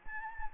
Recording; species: mosquito wingbeat signal from an infrared sensor; Anopheles gambiae